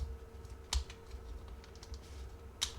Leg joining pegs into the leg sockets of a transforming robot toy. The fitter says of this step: 削住了，卡到位，这块密合的还是挺平整的。